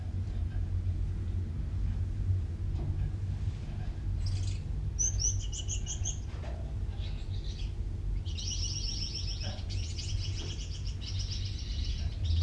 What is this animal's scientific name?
Fringilla coelebs